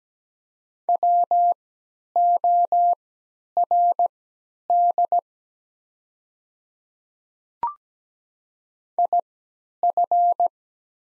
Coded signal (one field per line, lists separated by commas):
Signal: Morse code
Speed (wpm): 17 wpm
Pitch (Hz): 700 Hz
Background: none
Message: WORD IF